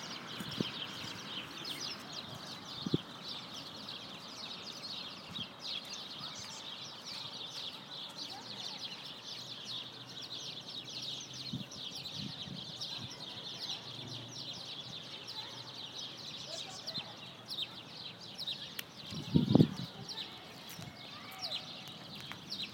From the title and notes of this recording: Twittering on the first sunny Sunday. Birds at the park beside my apartment.